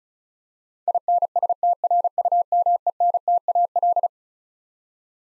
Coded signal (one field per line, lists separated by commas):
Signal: Morse code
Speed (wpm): 36 wpm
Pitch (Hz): 700 Hz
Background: none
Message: INSTRUMENTAL